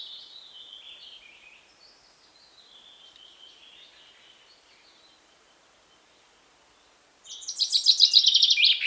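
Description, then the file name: Common chaffinch starting a loud, rapid trilled phrase near the end, after several seconds of faint thin whistled calls in the background. "Fringilla coelebs"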